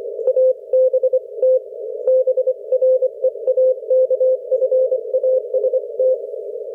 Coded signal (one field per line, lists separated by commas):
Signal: Morse code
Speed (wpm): 25 wpm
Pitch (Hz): 530 Hz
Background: none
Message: ABT BREAKFAST